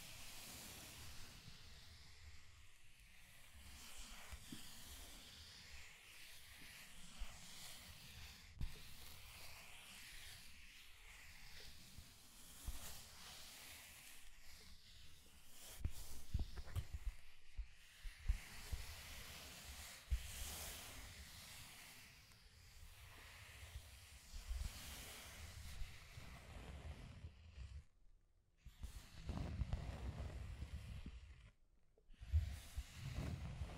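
Continuous scratching and tracing strokes, a rough hissy rubbing with low thumps, pausing briefly near 28 and 32 seconds before resuming.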